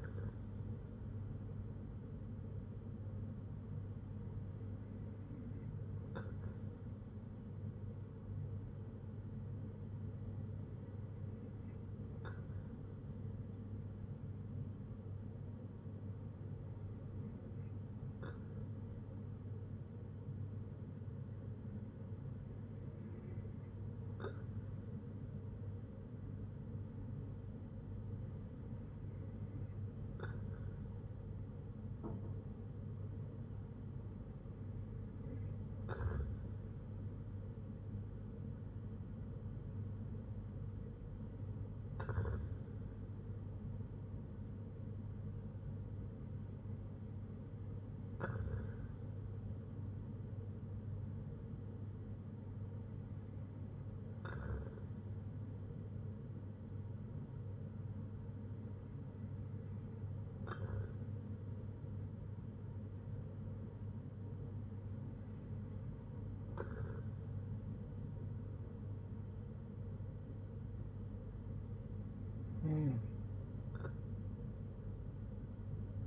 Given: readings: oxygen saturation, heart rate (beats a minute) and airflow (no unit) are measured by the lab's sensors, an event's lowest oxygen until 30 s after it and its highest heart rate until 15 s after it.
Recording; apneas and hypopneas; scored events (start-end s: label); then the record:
breathing in sleep by a smartphone at the bedside; none
none scored
From the record:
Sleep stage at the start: N2 (light sleep); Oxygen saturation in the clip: 94 to 95%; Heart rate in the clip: 59 to 64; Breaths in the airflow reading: 13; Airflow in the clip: -5.8 to 4.1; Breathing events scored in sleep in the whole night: 182 in 7.4 hours asleep